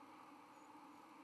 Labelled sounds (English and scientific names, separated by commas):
White-throated Sparrow (Zonotrichia albicollis) flight call